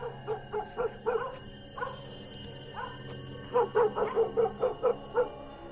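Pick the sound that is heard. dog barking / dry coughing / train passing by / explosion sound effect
dog barking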